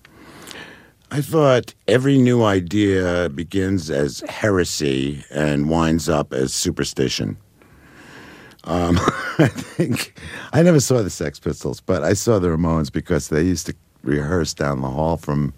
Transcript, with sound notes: I thought every new idea begins as heresy and winds up as superstition. (Laughter) I think - I never saw the Sex Pistols, but I saw the Ramones because they used to rehearse down the hall